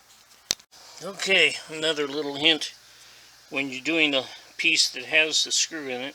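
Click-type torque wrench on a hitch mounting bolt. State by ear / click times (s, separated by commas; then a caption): torque reached / 0.5 s. A click-type torque wrench set to 76 ft-lb tightens a trailer hitch mounting bolt on a 2018 Nissan Rogue. It gives a single sharp click at 0.5 s, and the tightening stops there with no repeated clicking. After a short pause, someone talks.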